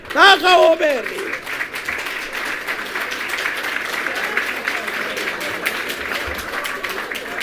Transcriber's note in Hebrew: מחיאות כפיים